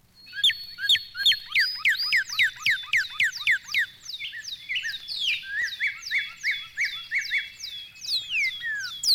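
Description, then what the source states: Brazilian cardinal song: quick series of bright, down-slurred whistled notes repeated several times a second, varying in pitch, with a thin sustained high tone beneath parts of it. Single bird named Bravo, described as beautifully plumaged and saucy; song cut shorter than it really is.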